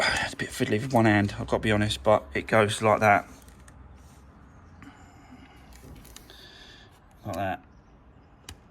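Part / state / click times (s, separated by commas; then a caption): circlip on a car gearbox gear linkage / seated / 8.5 s. A metal circlip is fitted one-handed around the gearbox gear linkage of a Fiat 500 1.2 petrol during a clutch replacement, a fiddly fit. Someone talks, then faint metallic handling sounds follow before a single sharp click at 8.5 s as the circlip snaps and locks into place, holding the gear linkage where it should be.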